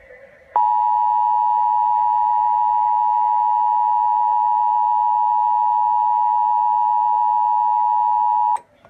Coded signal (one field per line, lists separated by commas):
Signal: Emergency Alert System (SAME) tones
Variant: 853 and 960 Hz attention tone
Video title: EAS Scenario Short: Monster Mapleshade